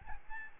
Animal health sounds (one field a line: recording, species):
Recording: mosquito wingbeat signal from an infrared sensor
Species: Aedes albopictus